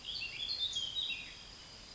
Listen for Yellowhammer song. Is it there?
no